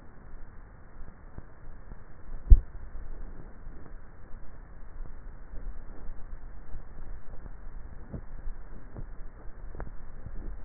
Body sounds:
swallowing sounds by neck microphone; 2
2.17-2.95 s: swallow
6.00-6.70 s: swallow
From the record:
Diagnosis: dysphagia

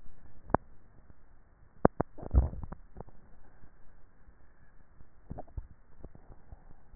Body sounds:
swallowing sounds by neck microphone; 2
2.08-3.02 s: swallow
5.25-6.05 s: swallow
From the record:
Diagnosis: dysphagia

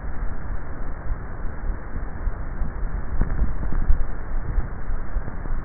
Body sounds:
swallowing sounds by neck microphone; 1
2.83-3.40 s: swallow
From the record:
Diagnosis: dysphagia

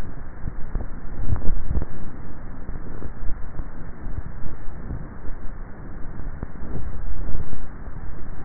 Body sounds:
swallowing sounds by neck microphone; 2
1.12-1.75 s: swallow
6.75-7.42 s: swallow
From the record:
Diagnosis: dysphagia

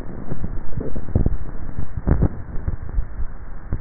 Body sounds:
swallowing sounds by neck microphone; 2
0.58-1.42 s: swallow
2.65-3.48 s: swallow
From the record:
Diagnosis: dysphagia

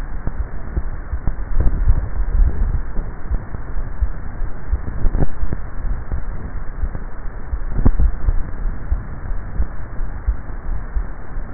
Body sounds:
swallowing sounds by neck microphone; 2
1.85-2.65 s: swallow
7.92-8.65 s: swallow
From the record:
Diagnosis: dysphagia

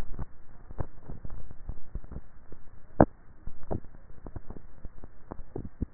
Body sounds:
swallowing sounds by neck microphone; 1
1.05-1.92 s: swallow
From the record:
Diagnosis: dysphagia

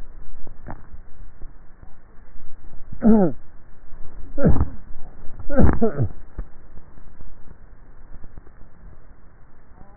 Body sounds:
swallowing sounds by neck microphone; 2
0.43-1.50 s: swallow
8.17-8.97 s: swallow
From the record:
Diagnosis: dysphagia

